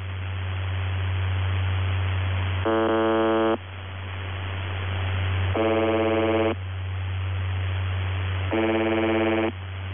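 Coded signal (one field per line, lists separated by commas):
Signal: channel marker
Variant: UVB-76, The Buzzer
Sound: three harsh one-second buzzes about three seconds apart, with hiss and hum between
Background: radio static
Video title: [UVB-76, The Buzzer] Voice Message; 01. March 2021, 12:26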